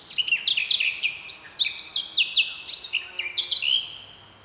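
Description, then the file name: Eurasian blackcap song, a continuous stream of clear fluting whistles and quick downslurred notes, rich and varied, fading at the end. "Sylvia atricapilla"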